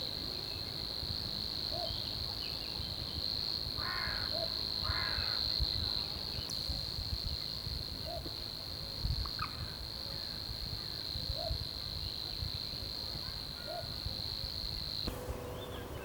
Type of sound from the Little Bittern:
song